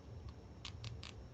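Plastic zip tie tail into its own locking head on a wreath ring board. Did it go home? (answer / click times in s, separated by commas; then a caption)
yes / 0.6 s, 0.9 s, 1.0 s. The tail of a plastic zip tie is pushed into its own locking head on a wreath ring board until the ratchet catches. A faint tick comes at 0.3 s, then sharp ratchet clicks at 0.7, 0.9 and 1.0 s. The zip tie is closed.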